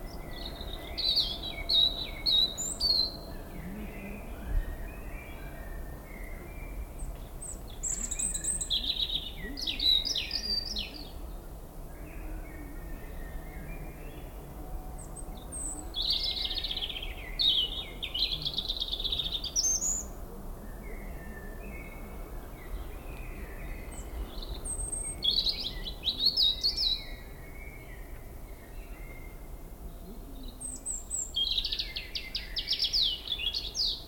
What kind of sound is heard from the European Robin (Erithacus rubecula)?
song